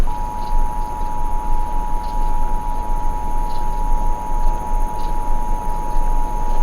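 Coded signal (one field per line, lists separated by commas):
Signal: Emergency Alert System (SAME) tones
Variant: 853 and 960 Hz attention tone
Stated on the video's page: EAS scenario recreation.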